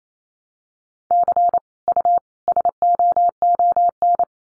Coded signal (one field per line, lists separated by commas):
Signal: Morse code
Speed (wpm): 28 wpm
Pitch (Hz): 700 Hz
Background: none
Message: C U SOON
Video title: Common QSO Phrases 28wpm